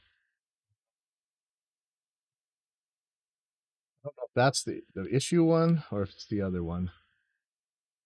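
A loose internal part in a bass amplifier under repair, one that had pushed out of place and wiggled when hot, is being handled before it is pressed back in. About four seconds of near silence are followed by someone talking from roughly 4 to 7 seconds. Nothing has seated or clicked yet.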